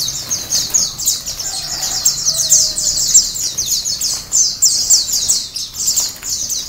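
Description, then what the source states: White-eyes singing, a continuous rapid stream of high, thin chirps and twittering notes with brief pauses, over faint background noise. Ombyokan-style chorus of many white-eyes singing together, from a masteran (training) recording for cage birds.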